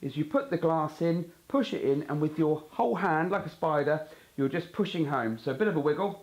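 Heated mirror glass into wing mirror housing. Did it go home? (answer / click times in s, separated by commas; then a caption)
no / none. Heated wing mirror glass for an Audi Q5 / SQ5 is pushed by hand, with the whole hand spread out and a slight wiggle, onto its backing plate in the wing mirror housing while someone talks throughout. The clip ends before the glass goes home, and nothing has clicked or seated yet.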